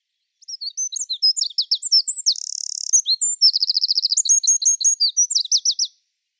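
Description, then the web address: Bird singing a busy, high-pitched medley of chirps and whistles, with a buzzy trill in the middle and a fast rattling series of repeated notes, quiet background. "Deverinetal 2025 File origin Bird Only"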